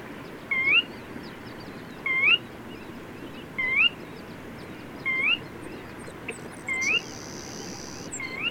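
Bird repeating a quick rising whistled note at a steady pace of about one every one and a half seconds, with a short buzzy high sound and background hiss.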